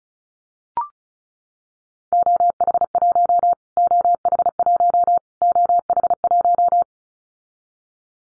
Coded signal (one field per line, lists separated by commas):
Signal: Morse code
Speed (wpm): 34 wpm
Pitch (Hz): 700 Hz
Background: none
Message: OH1 OH1 OH1